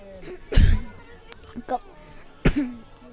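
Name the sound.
person coughing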